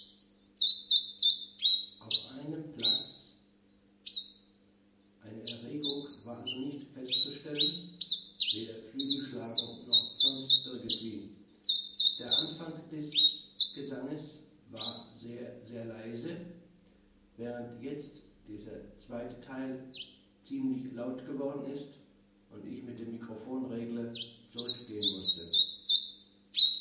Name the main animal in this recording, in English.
Common Chiffchaff